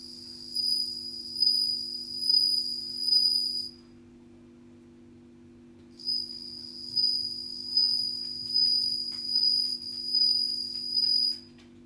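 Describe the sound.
Cricket giving shrill, high pulsed chirps roughly once a second, falling silent for about two seconds midway, then resuming the same steady rhythm over a low hum.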